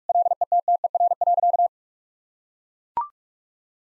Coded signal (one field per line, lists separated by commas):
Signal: Morse code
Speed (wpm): 41 wpm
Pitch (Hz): 700 Hz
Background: none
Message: LETTER.